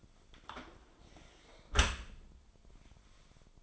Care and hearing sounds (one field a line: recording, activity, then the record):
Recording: daily activity, microphone in the room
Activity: close dishwasher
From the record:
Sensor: 5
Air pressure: 1003.2 hPa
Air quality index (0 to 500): 129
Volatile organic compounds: 1 ppm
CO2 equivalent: 946 ppm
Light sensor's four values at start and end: 82/198/83/94 and 80/192/81/93